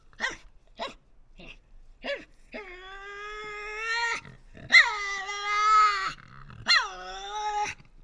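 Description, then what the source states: Tasmanian devil making a few short sharp yelps, then long harmonic screeches that hold steady. Resident devils in an enclosure at a conservation facility at Cradle Mountain, Tasmania, October 24, 2007, discussing among themselves.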